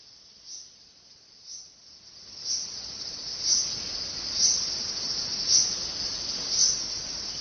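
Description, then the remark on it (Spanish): Cicadas sing in a Japanese summer in a steady, shrill high-pitched drone that swells in rhythmic pulses about once a second, growing fuller and louder after the first couple of seconds, with no voices. “Los veranos de Japón no son veranos sin la banda sonora del incesante canto de las cigarras.”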